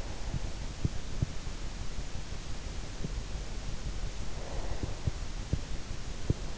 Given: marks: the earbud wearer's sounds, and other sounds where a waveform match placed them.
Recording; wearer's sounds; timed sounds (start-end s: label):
sounds in sleep by an in-ear microphone; teeth grinding, breath
0.76-1.53 s: teeth grinding
4.05-5.31 s: breath
5.98-6.58 s: teeth grinding